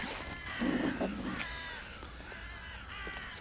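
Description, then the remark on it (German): Several harsh, rasping caws from ravens, overlapping in uneven bursts with a low throaty croak early on, over a steady background hiss. “Ich hoffe nur, dass du mir einen Hinweis geben kannst, welcher deiner Raben Onkel Fabian ist.”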